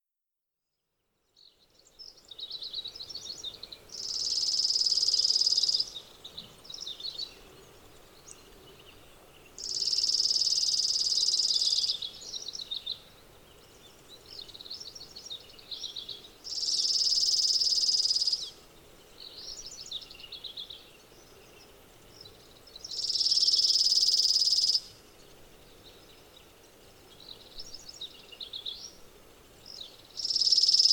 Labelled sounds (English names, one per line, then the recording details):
Chipping Sparrow song
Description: Chipping Sparrow song recorded on the Cow Creek Trail in Rocky Mountain National Park
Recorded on 15 June 2015